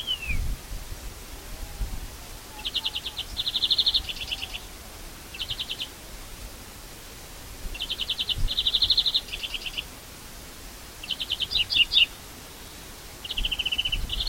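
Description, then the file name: European greenfinch repeating bright rapid trills and twittering phrases every few seconds over soft background noise. "Chloris chloris"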